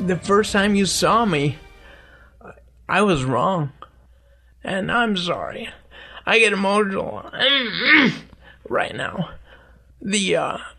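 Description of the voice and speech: An adult man speaks in slow, halting speech with drawn-out, nasal and creaky sounds and long pauses, with emotional strain in his voice. This is the slurred speech of aggressive bulbar-onset ALS, which begins in the tongue, lips and throat. His speech has worsened rapidly over less than four months, and swallowing is becoming an issue.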